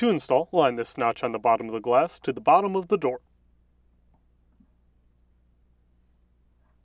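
Someone talks for about three seconds while the notch on the bottom of a Whirlpool, Maytag or Amana washer's door glass is lined up with the bottom of the plastic inner door panel, which comes preassembled with the door hinge and door bumpers. The rest is quiet apart from one faint tick. The panel is lined up but not yet lifted, and nothing has snapped into place yet.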